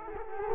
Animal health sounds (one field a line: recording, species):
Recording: mosquito wingbeat signal from an infrared sensor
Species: Culex quinquefasciatus